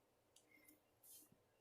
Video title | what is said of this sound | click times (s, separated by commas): Stampin Up Little Ladybug fun fold card | just lay them straight down slide it in until you hear it click so | 0.4 s